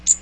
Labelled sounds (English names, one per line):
Magnolia Warbler flight call